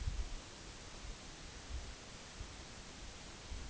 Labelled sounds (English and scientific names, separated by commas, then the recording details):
none
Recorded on Arctic tundra, site NAIT-1, on 2 July 2019
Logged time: 18:00